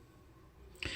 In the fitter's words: until you hear it snap